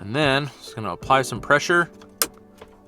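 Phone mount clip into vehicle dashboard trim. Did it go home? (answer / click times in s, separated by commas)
yes / 2.2 s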